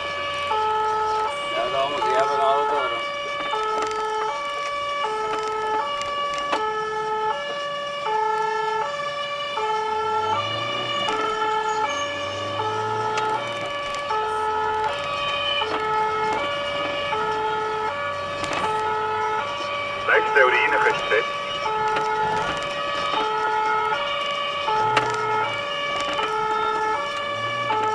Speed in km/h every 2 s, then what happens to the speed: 60, 45, 33, 21, 19, 36, 54, 57, 64, 68, 66, 64, 61, 38.
0-7 brakes to 19. 7-18 speeds up to 68. 18-28 slows to 38.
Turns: 3-7.